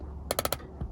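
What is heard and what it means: The adjustable headrest ratchet on a Chrysler Pacifica minivan front seat is tilted forward toward the steering wheel, and four sharp clicks sound at about 0.3, 0.4, 0.5 and 0.5 seconds as it passes through several detent positions. Each click locks the headrest in a forward position, and a faint soft sound follows near 0.8 seconds.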